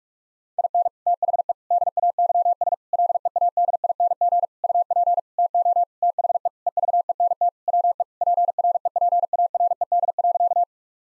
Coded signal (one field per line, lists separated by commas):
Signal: Morse code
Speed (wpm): 46 wpm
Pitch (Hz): 700 Hz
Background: none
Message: IN THE DAYS LEADING UP TO THE EVENT WE PREPARED.